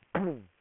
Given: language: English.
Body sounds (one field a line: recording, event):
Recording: throat vibration sensor signal played as sound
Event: throat clearing